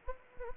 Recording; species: mosquito wingbeat signal from an infrared sensor; Anopheles gambiae